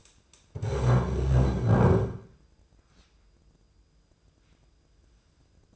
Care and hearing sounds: daily activity, microphone in the room; stand up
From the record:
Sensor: 2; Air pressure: 995.8 hPa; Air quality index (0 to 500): 244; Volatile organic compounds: 1000 ppm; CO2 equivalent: 6012 ppm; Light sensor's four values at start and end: 28/67/29/32 and 26/61/27/30

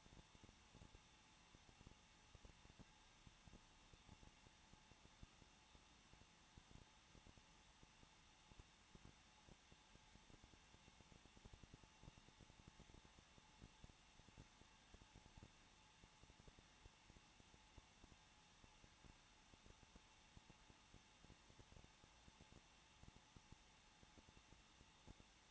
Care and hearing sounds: daily activity, microphone in the room; no activity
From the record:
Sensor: 1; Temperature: 20.0 degrees Celsius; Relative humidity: 39.4%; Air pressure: 1006.4 hPa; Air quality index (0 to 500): 219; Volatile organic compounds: 82 ppm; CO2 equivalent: 3623 ppm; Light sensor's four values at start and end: 1/2/1/1 and 1/2/1/1

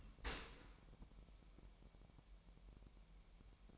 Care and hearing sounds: daily activity, microphone in the room; open dishwasher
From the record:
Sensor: 1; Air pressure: 998.3 hPa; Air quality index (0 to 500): 138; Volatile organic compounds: 4 ppm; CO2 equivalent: 1656 ppm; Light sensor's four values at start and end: 16/55/22/22 and 16/55/22/22

